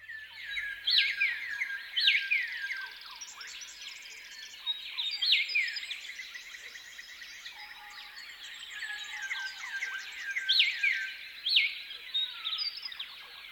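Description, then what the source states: White-plumed Honeyeater dawn song: sharp rising-then-falling whistled phrases repeated over a dense background of high twittering. Dawn song phrases from dry woodlands of southeast Queensland, Australia; each region has its own learned song phrase; these honeyeaters live in loose aggregations.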